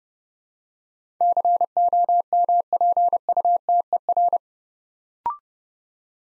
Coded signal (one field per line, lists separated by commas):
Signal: Morse code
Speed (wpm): 30 wpm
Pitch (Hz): 700 Hz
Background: none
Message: COMPUTER